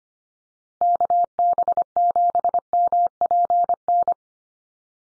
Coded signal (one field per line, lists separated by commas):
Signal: Morse code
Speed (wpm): 25 wpm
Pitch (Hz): 700 Hz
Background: none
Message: KB7MPN